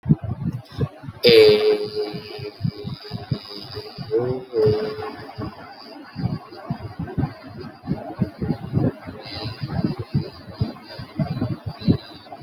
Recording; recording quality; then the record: sustained vowel as in made; excellent, no background noise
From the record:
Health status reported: healthy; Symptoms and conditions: none ticked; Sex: male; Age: 20 years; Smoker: not ticked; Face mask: not worn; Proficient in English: yes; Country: India